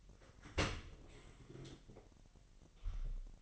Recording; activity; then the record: daily activity, microphone in the room; open dishwasher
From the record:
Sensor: 4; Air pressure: 1001.5 hPa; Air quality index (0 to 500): 248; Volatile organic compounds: 41 ppm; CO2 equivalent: 3165 ppm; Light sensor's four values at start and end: 8/18/7/7 and 8/18/7/6